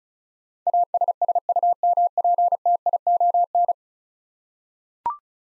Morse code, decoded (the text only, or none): ASSUMPTION